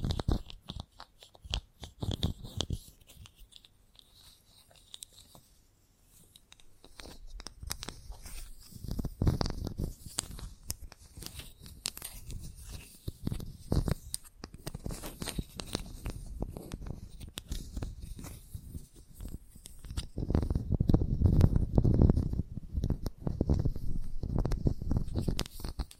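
Chalk tapping, scratching and carving against a surface, in dense bursts of short taps and rough scrapes. The activity is sparse and quiet around five to seven seconds, then builds, with the heaviest, most continuous grinding scrapes from about twenty to twenty-three seconds.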